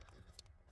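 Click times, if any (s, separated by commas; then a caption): 0.4 s. A cabin air filter door/cover on a 4th-generation Subaru Forester, fitted with an upgraded X4XZ CF10930 carbon filter, is pushed into the HVAC filter housing behind the glovebox. Over a steady low rumble, faint ticks come at 0.0 and 0.1 seconds, and a short, sharp click sounds at 0.4 seconds as the cover seats into place.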